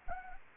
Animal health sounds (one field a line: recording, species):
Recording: mosquito wingbeat signal from an infrared sensor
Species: Anopheles gambiae